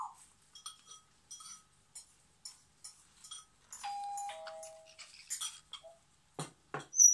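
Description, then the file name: Parrot chatter of clicks, buzzy notes and whistles, including two long steady whistled tones midway, ending with a sharp high squeak. "zvuk popugaya"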